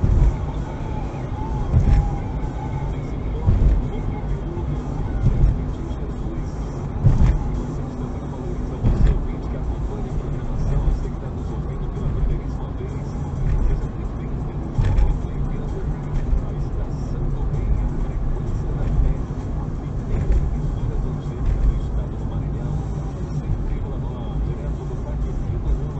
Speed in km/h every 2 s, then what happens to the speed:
63, 61, 60, 60, 58, 55, 56, 57, 58, 57, 57, 54, 53.
0-10 slows to 55. 10-17 steady at about 56.